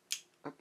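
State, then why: Seated. The locking knob of a speedloader for a Dan Wesson 6-inch airsoft revolver, holding fake shells, is pressed and turned until it locks. A sharp, bright high-pitched click sounds at 0.1 s, followed by a duller, lower thud around 0.5 s and a faint tick at 0.6 s. The knob is locked and the shells are held in place.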